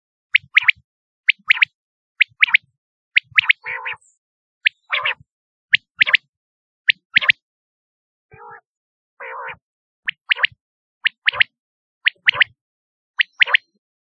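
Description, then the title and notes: Quail giving a steady run of high, clipped chirping notes in doublets, with a few lower buzzy calls in between. "Kicau Burung Puyuh"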